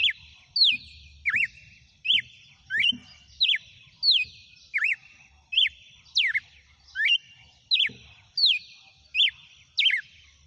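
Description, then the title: Red-cowled cardinal song: clear, sharply slurred whistled notes, each dropping then hooking upward, repeated steadily about every 0.7 seconds, with faint low thumps beneath. Female red-cowled cardinal, described as singing and 'batendo fogo'. "Canto Galo Campina Fêmea. GALO DE CAMPINA CANTANDO e BATENDO FOGO?"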